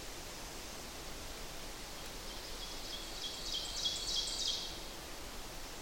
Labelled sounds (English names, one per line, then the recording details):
Ovenbird song
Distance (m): 35 m
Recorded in boreal forest in Alberta, Canada, on 8 June 2016 at 05:53
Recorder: SongMeter 3, array SBT-3-9
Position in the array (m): 108 m, 104 m
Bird 34